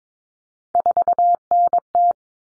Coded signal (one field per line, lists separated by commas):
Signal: Morse code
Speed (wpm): 22 wpm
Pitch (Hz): 700 Hz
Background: none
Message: 4NT